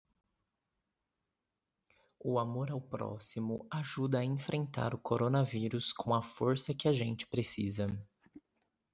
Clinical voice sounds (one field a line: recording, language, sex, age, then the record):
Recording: spoken sentence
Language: Brazilian Portuguese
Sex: male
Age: 20 to 29 years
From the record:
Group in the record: control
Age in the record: 27 years